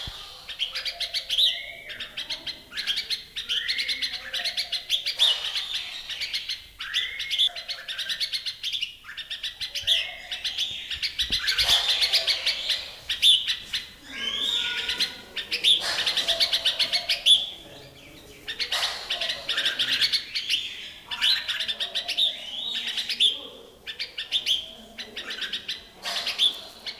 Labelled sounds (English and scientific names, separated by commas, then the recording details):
Red-whiskered Bulbul (Pycnonotus jocosus) song
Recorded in captivity
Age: adult
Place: Zoo Berlin, Berlin, DE
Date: 2002-09-04 15:51
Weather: fair, 24 - 26°C
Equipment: Nagra SN, Kopie Uher 4000 Report Monitor
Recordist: Tembrock, Günter
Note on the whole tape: Gesang